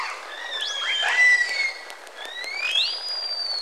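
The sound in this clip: Whale calls as overlapping tonal whistles, some rising steeply and others gliding slowly up or holding level, interwoven throughout with faint clicks.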